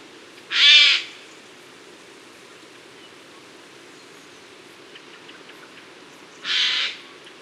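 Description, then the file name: Eurasian jay giving two short, harsh rasping screeches about six seconds apart over a steady background hiss. "garrulus glandarius"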